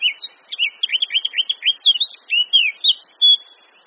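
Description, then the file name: Eurasian blackcap song: a rich run of rapid, looping whistled notes, slurred up and down, ending in a clear sustained whistle. "Sylvia atricapilla"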